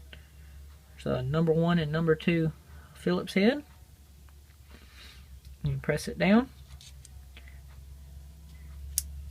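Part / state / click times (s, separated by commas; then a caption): hex screwdriver bit into a multitool bit holder / seated / 9.0 s. Someone talks while a metal hex screwdriver bit is pressed down into the bit holder of a Leatherman Skeletool multitool (with Bit Kit 831528 and Sheath 934810). A single sharp, bright click at 9.0 s marks the bit locking into the holder, fully seated.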